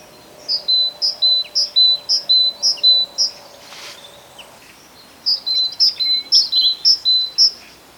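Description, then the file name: Great tit song: high two-note phrases repeated rapidly, about six in a row, a short pause, then about five more, over faint steady background hiss. "Parus major"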